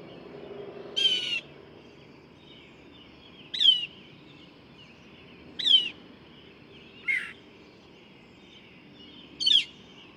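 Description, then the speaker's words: Northern Mockingbird singing varied phrases: a buzzy rasp, then sharp downslurred whistles and chips spaced every two seconds or so. Male singing all night long with a marvelous variety of imitations; recorded at 5:30 in the morning, LaRue County Park, Hodgenville, Kentucky. "This mockingbird has been singing all night long, and I finally got up to record him."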